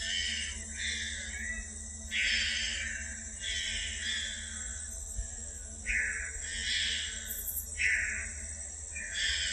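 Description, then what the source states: Bornean bristlehead with grating, nasal call notes, some short and some drawn out, irregularly spaced over a steady insect drone and low hum. Recorded in Danum Valley, Borneo, on 27 March 2007.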